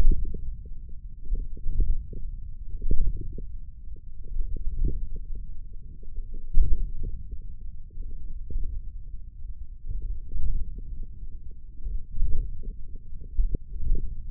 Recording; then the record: forearm muscle sounds (acoustic myography)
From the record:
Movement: radial deviation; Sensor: system 1, eight BSWA MPA416 microphones around the upper forearm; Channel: 5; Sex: male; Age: 28 years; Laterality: right